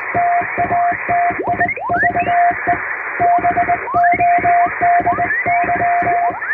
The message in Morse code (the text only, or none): TATIVE BODY